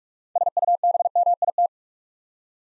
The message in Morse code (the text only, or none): SUBMIT